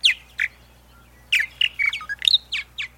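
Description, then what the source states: Purple Martin song: two bright chirps, a pause of nearly a second, then a run of warbling, gurgled notes with brief slurred whistles. Described as a sweet voice.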